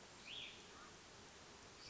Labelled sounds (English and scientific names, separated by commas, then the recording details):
Cassin's Vireo (Vireo cassinii)
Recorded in Sonoma County, California